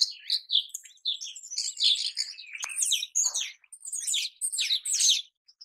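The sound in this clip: Rosy starling chattering calls, a dense jumble of squeaky, buzzy and whistled notes that runs almost without pause, with a brief quieter stretch near the end.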